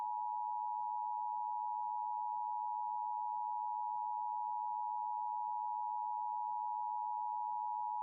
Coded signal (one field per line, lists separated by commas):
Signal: Emergency Alert System (SAME) tones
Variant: 853 and 960 Hz attention tone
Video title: SPECIAL EDITION: DX Central Live | 720- KWDN-NV "Going Dark" DX Test | Wednesday, March 1, 2023